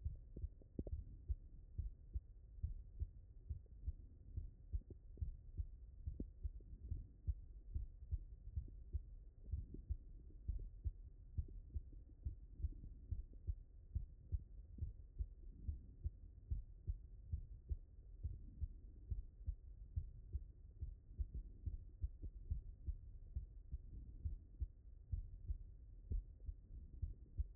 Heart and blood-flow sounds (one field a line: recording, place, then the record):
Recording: heart sounds by stethoscope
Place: mitral valve (MV)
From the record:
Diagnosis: non-HFrEF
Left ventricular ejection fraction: 62%